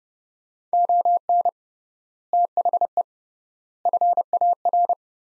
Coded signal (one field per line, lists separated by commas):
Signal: Morse code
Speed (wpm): 32 wpm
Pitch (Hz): 700 Hz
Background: none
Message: ON THE FAR